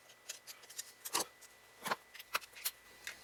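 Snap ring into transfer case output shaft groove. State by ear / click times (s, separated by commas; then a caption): not seated / none. A steel snap ring is handled onto the output shaft of an NP231 transfer case during a Teraflex slip yoke eliminator install on a Jeep TJ, going toward its groove. Light metallic ticks and scrapes come in scattered bursts, with louder clinks near 1.2, 1.9 and 2.4 seconds. Nothing has seated or clicked yet.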